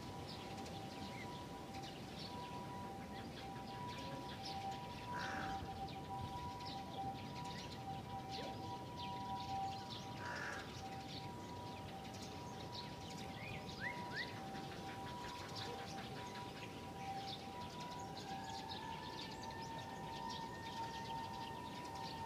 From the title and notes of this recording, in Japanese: 公園、鳥がいっぱい。公園にある大きな木にいろんな種類の鳥が集まっていました。